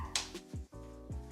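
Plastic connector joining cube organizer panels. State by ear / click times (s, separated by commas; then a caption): seated / 0.2 s. A plastic connector on a wire-grid cube storage organizer is pressed onto a panel and snaps into place with a sharp click at 0.2 s, confirming it has seated. Steady musical tones play throughout the background.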